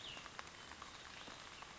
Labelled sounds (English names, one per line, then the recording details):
Cassin's Vireo
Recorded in Sonoma County, California